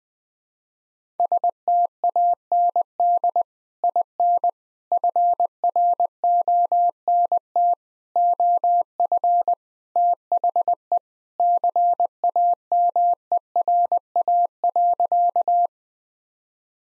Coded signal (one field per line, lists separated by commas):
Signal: Morse code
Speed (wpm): 20 wpm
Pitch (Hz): 700 Hz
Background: none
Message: STAND IN FRONT OF THE CAMERA.